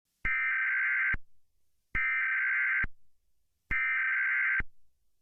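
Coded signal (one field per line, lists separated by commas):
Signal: Emergency Alert System (SAME) tones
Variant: header bursts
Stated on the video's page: Mock recreation of a 2011 Oregon required monthly test, with valid tones.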